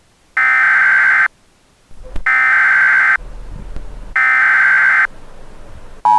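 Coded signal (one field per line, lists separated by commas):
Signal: Emergency Alert System (SAME) tones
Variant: header bursts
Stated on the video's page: EAS tones in a short fictional scenario.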